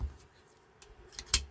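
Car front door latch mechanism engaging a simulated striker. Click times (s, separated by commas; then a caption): 1.3 s. A cleaned front door latch from a 1967 Cadillac Fleetwood, with an optional vacuum door lock actuator, is pressed on the bench as if hitting the striker, then released. Faint ticks come first, then a sharp metallic click at 1.3 s as the latch locks onto the simulated striker. The lock and release clicks fall close together, and the latch seats.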